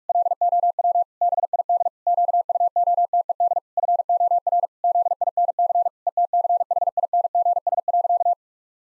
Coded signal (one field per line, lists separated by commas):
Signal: Morse code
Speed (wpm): 46 wpm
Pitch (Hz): 700 Hz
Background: none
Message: LOW BID QUOTED FOR ZINC ETCHINGS.